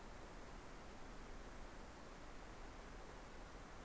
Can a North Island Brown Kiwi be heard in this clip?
no